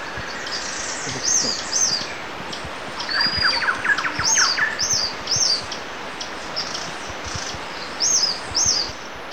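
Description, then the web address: White-fronted tyrannulet calling with thin, very high arched notes, often in quick pairs, scattered throughout, with a burst of lower chattering and a steady background hiss. Ecuador. "Natures Songs S America Birds of Ecuador. White-fronted Tyrannulet"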